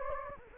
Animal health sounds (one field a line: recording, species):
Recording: mosquito wingbeat signal from an infrared sensor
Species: Anopheles gambiae